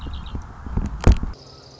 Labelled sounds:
Red-winged Blackbird
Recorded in Sonoma County, California

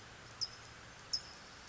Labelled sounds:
California Towhee
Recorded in Sonoma County, California

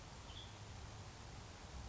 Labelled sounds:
Western Tanager
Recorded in Sonoma County, California

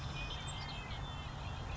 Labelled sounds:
Savannah Sparrow
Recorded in Sonoma County, California

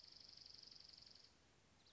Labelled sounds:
Dark-eyed Junco
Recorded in Sonoma County, California

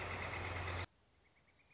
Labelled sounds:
Northern Flicker
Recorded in Sonoma County, California

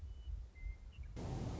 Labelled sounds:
Western Meadowlark
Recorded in Sonoma County, California

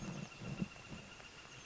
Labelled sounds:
Northern Flicker
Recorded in Sonoma County, California

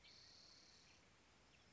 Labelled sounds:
Spotted Towhee
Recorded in Sonoma County, California

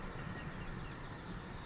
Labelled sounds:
Oak Titmouse
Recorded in Sonoma County, California

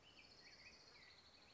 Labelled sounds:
Orange-crowned Warbler
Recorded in Sonoma County, California

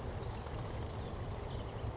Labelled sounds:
California Towhee
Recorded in Sonoma County, California

